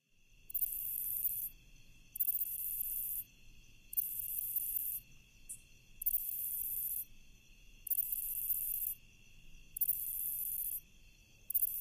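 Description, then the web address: Lesser pine katydid song: very high, dense buzzy bursts about a second long, repeated every two seconds or so, with a steady faint hum and low rumble beneath. Recorded in North America. "Songs of Insects. Lesser Pine Katydid"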